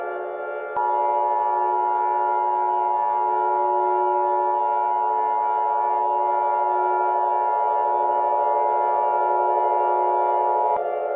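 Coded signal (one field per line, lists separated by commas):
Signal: Emergency Alert System (SAME) tones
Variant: 853 and 960 Hz attention tone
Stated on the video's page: Fictional tornado EAS scenario; the alert is simulated, not a real broadcast.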